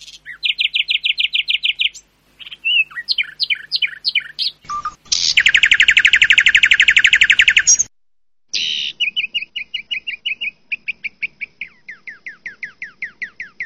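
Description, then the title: Asian pied starling song: fast runs of repeated chirps, a long harsh rattling buzz midway, then a steady series of sharp, downslurred whistled notes, with abrupt breaks between sections. "Jalak Suren"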